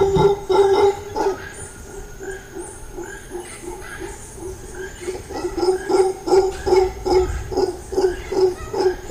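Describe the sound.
Howler monkey howling in deep, rhythmic pulsed grunts, about two or three per second, rising and falling in loudness.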